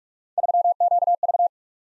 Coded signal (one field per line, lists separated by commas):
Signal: Morse code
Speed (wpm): 44 wpm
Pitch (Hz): 700 Hz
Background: none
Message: 3QV